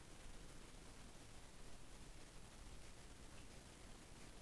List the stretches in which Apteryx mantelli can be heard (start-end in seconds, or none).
none